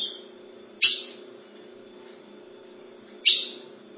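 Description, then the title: Ultramarine grosbeak giving two sharp chip notes about two and a half seconds apart, each falling away quickly, with a low steady hum behind. "Azulao"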